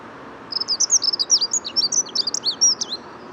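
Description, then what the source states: Dunnock singing a quick, tumbling phrase of thin, scratchy high notes for about two and a half seconds, with faint traffic rumble underneath. Morning between 8 and 10:30 on 14 February 2019, edge of the Bois de Vincennes; unusually sunny spring-like weather; urban bird keeping to small gardens with cars around; Nagra recorder with Telinga parabolic dish.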